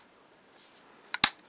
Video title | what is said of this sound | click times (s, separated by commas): Stage 74! Enterprise D Build Fanhome Book 19 is DONE! | that side didn't want to snap into place there we go | 1.2 s